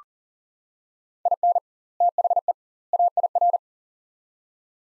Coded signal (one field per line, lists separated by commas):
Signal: Morse code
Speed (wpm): 40 wpm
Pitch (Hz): 700 Hz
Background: none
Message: IN THE AIR